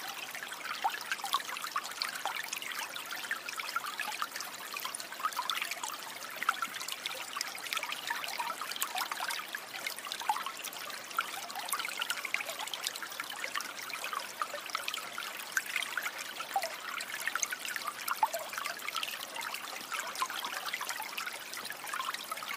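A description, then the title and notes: A creek trickles and babbles steadily, a dense, bright patter of water with no low rumble and no other sounds. Creek Sounds.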